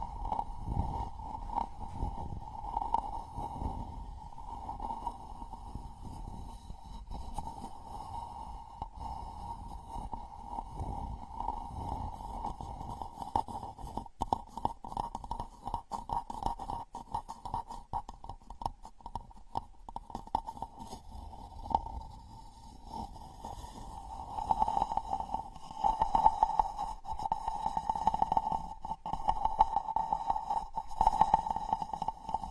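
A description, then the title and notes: A wooden-tool spa massage with steady soft rubbing and dense clicks, a constant mid tone underneath, growing louder and busier after twenty-five seconds. The massage SPA with ASMR wood products provides ultimate numbness, comfort and relaxation.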